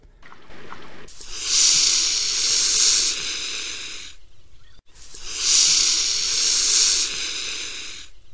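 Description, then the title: Mute Swan hissing: two long, harsh, breathy hisses of about three seconds each, separated by a short pause. "Bütykös hattyú (Cygnus olor)"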